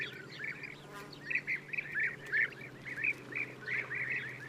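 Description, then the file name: European bee-eater calls, rolled, chirruping notes in short loose groups from a few birds, with a low hum throughout. "gyurgyalag"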